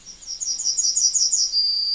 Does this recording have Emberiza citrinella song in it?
yes